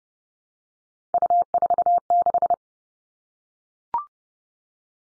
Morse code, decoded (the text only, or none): U46